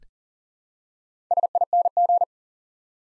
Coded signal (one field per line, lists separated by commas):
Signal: Morse code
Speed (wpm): 38 wpm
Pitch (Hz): 700 Hz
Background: none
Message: SING